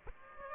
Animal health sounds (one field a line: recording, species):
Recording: mosquito wingbeat signal from an infrared sensor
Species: Aedes aegypti